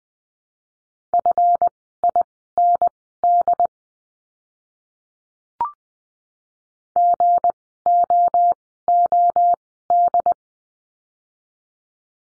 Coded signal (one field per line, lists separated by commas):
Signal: Morse code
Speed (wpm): 20 wpm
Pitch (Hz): 700 Hz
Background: none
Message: FIND GOOD